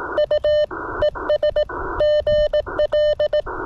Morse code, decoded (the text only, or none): U ES GL